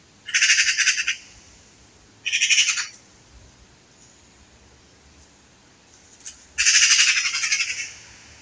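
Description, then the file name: Eurasian magpie giving harsh, rattling chatter calls in three bursts, each a rapid series of grating pulses, with quiet pauses between. "Pica pica"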